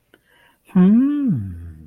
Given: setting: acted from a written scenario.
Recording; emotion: vocal sound without words; interest